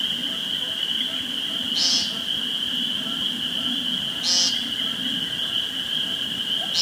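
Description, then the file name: Woodcock giving high, sharp squeaks with faint croaks about two and a half seconds apart, over a steady high-pitched hum. Recorded 2 June 2013 with a phone. "2013-06-02 Woodcocki Phone"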